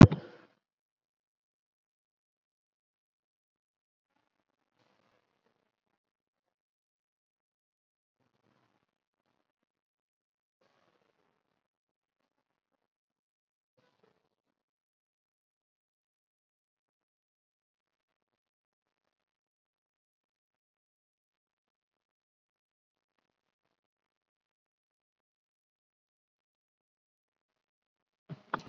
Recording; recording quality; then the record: deep breathing; poor, much background noise or distortion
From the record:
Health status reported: COVID-19 positive, mild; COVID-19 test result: positive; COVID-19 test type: RT-PCR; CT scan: not taken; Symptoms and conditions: hypertension, diabetes, another condition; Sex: female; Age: 44 years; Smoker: no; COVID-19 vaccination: none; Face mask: worn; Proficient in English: yes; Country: India